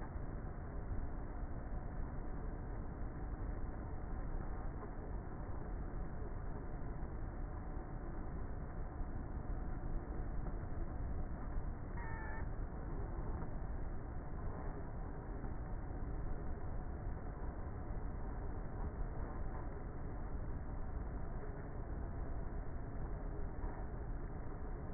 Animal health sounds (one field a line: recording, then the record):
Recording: honeybee colony, microphone inside the hive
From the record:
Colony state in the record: queenless with a low population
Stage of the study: before two queens were removed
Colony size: about 30,000 bees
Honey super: no